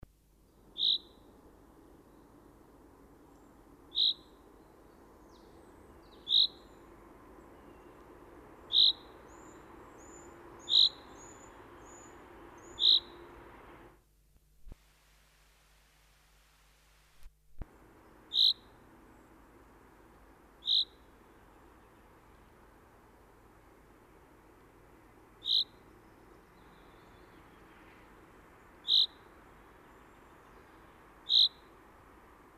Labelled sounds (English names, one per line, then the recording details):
Common Chaffinch call
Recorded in the wild
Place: Baden-Baden, Baden-Württemberg, DE
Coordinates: 48.7656, 8.2287
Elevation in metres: 176
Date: 1976-04-22
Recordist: Tretzel, Erwin